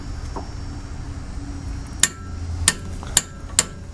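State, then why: Torque reached. A click-type torque wrench tightens a rear brake caliper bracket mounting bolt on a Ford C-Max/Escape to 70 Nm, with faint background noise underneath. Sharp metallic clicks come at 2.0 s and 2.7 s as the wrench reaches its setting, followed by two more similar clicks at 3.2 s and 3.6 s. The bolt is confirmed tightened to the 70 Nm setting.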